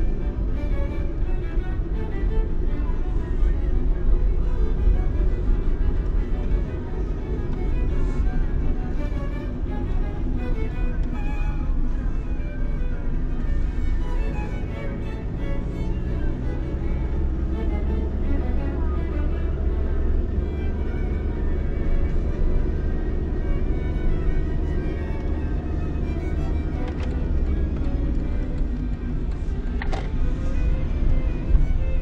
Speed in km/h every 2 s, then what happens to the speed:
35, 36, 37, 37, 36, 32, 22, 30, 36, 36, 36, 36, 37, 35, 21, 18.
0-8 steady at about 36. 8-11 brakes to 22. 12-17 speeds up to 36. 17-24 steady at about 36. 24-32 slows to 18.